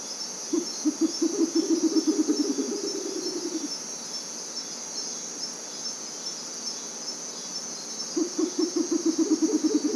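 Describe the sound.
Bare-legged owl giving rapid stuttering series of low hoots, one lasting about three seconds and another starting near the end, over a steady high insect drone.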